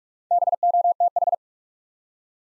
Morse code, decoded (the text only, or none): BOTH